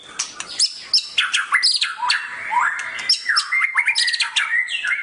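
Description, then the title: Oriental magpie-robin song of loud, sweeping whistled notes, some rising and some falling, mixed with harsh squawky phrases in a continuous varied stream. "Kicau Kacer"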